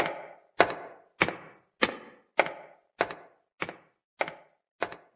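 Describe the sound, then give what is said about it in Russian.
Heavy knocking on a castle gate late in the evening by a traveller asking to stay the night: nine dull, solid thuds struck at a steady, even pace, each with a brief resonant ring that fades before the next blow. No voices are heard. “Услышав стук ворота, она пошла открывать.”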